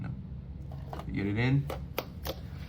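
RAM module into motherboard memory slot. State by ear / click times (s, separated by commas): seated / 2.0 s, 2.3 s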